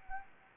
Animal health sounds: mosquito wingbeat signal from an infrared sensor; Anopheles gambiae

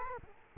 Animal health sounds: mosquito wingbeat signal from an infrared sensor; Culex quinquefasciatus

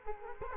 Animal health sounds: mosquito wingbeat signal from an infrared sensor; Culex quinquefasciatus

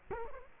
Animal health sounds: mosquito wingbeat signal from an infrared sensor; Culex quinquefasciatus

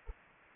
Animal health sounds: mosquito wingbeat signal from an infrared sensor; Anopheles arabiensis

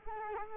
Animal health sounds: mosquito wingbeat signal from an infrared sensor; Culex quinquefasciatus

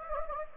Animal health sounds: mosquito wingbeat signal from an infrared sensor; Anopheles gambiae

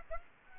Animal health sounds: mosquito wingbeat signal from an infrared sensor; Aedes aegypti

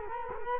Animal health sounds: mosquito wingbeat signal from an infrared sensor; Culex quinquefasciatus

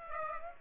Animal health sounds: mosquito wingbeat signal from an infrared sensor; Aedes aegypti

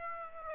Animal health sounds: mosquito wingbeat signal from an infrared sensor; Aedes aegypti

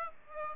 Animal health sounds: mosquito wingbeat signal from an infrared sensor; Aedes aegypti

